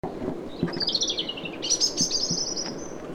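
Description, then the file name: European robin giving a thin, high warbled phrase that wavers and sustains near the end, with a few low knocks and faint background rumble. "Erithacus rubecula"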